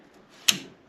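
A motorcycle footrest on a Triumph Street Twin 900 is folded up and down, and the detent bearing in the footrest hanger locates in its notch with a single sharp metal click at 0.5 seconds. The bearing seats with a short ring-out against a quiet background.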